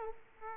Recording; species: mosquito wingbeat signal from an infrared sensor; Aedes aegypti